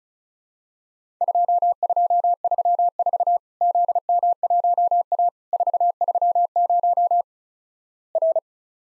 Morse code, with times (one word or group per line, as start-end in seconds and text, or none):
1.2-3.4 2234
3.6-5.3 ZM1A
5.5-7.2 430
8.2-8.4 R